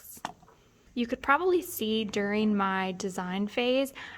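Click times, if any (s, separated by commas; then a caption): 0.2 s. A plastic lid is pressed onto a small plastic cup of craft gems until it snaps shut, giving a sharp click at 0.3 s, followed by a couple of faint ticks. Someone then talks. The lid is seated on the cup.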